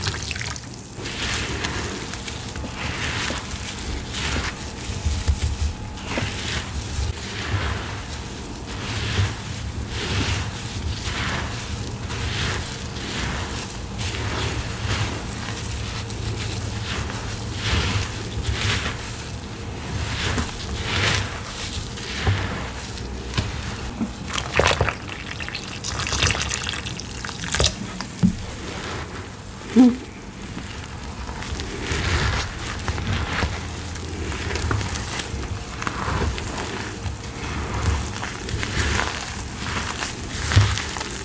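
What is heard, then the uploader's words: Steady crackling and soft crunching of powder and paste being handled, with frequent small clicks, a faint low hum, and sharper snaps near thirty seconds. Reforming my Black Hydrophobic Mixes + Black Cornstarch Crunchies. Water pouring sounds, ASMR paste play, recycled gym chalk powder.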